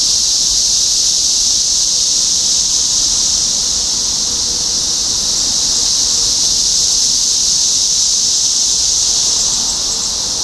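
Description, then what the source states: Cicadas in a massed, steady shrill hiss that stays level throughout, with a faint low tone beneath. Cicadas recorded in Topeka, Kansas, on 14 June 2015.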